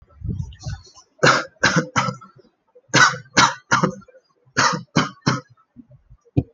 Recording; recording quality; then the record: shallow voluntary cough; excellent, no background noise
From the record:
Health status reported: exposed to COVID-19, no respiratory illness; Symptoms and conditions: fever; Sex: male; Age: 25 years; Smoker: not ticked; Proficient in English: yes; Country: India